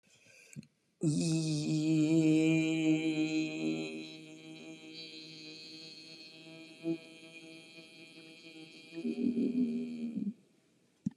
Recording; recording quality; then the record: sustained vowel as in beet; excellent, no background noise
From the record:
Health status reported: COVID-19 positive, mild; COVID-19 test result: positive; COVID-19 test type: RT-PCR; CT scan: not taken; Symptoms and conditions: fatigue, diabetes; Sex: female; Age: 51 years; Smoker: no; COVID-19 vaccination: both doses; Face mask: not worn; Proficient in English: yes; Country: India